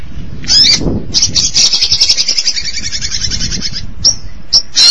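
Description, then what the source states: Long-tailed Shrike song: a sharp note, then a long, fast buzzy trill lasting over two seconds, followed by a few scratchy notes. Recorded March 2017.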